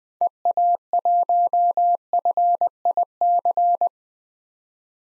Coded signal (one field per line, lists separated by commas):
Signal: Morse code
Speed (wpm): 20 wpm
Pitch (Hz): 700 Hz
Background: none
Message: EA1FIC